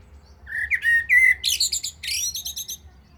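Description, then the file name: Common blackbird singing a fluted, mellow whistled phrase that breaks into two bursts of rapid, high, squeaky twittering at the end. "Turdus merula"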